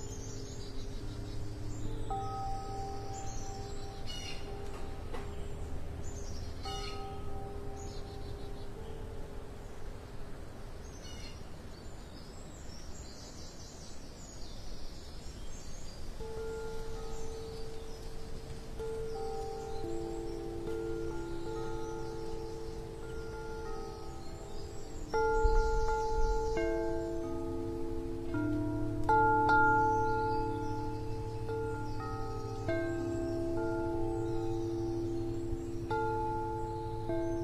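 Morning bells ring in long, sustained tones that overlap and hum, fading and re-sounding in layers throughout. A low rumbling murmur runs underneath, with a louder swell of tolling around 25 to 30 seconds and scattered small clicks and taps.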